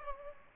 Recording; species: mosquito wingbeat signal from an infrared sensor; Aedes aegypti